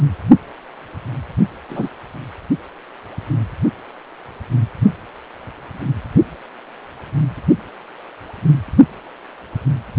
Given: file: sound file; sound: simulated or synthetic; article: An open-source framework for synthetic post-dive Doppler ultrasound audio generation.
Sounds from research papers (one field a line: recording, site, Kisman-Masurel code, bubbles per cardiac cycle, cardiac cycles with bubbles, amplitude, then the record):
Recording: Doppler ultrasound audio after a dive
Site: precordial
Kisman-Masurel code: 113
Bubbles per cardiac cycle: 1–2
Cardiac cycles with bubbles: 1–10%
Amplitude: loud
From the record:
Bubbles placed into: partial cardiac cycles